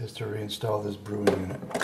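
A removable brewing unit is being handled for reinstallation into a Tchibo automatic coffee machine while someone talks. Brief handling and sliding noises come through under the voice. Nothing has seated or clicked into place yet.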